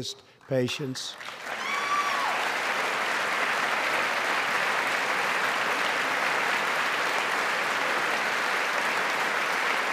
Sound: applause

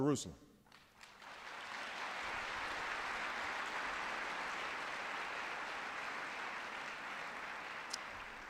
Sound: applause

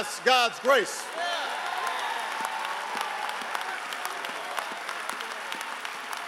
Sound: applause

